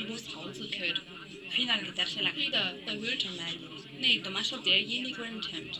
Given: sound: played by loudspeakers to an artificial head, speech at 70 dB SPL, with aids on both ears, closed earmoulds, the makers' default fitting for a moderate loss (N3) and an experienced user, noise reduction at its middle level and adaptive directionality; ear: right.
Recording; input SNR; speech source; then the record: speech test signal (ISTS) in cocktail-party noise; 0 dB; on the right (90 degrees)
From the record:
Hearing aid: class 1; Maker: C